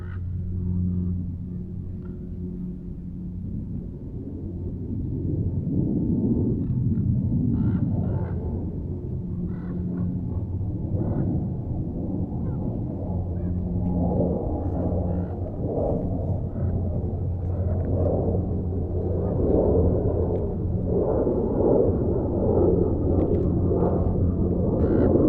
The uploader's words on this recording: Manzanita Barren - Montclair, CA. Zoom H6. Magnetic Microphone Mounts.